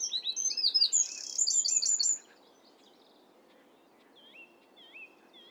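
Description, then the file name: Wren song: a high, rapid phrase full of rattling trills in the first two seconds, then quiet over a steady low background noise. "Wren singing"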